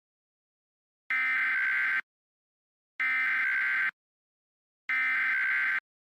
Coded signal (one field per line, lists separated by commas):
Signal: Emergency Alert System (SAME) tones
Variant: header bursts